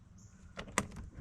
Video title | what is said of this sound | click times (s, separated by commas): Champion generator inverter 2500 duel fuel model #201183 set up and 1st start up tips | Okay. And then you hear it click in like that. | 0.8 s